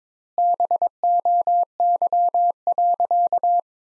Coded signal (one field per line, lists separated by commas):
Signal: Morse code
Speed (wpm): 21 wpm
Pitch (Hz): 700 Hz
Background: none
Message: BOY.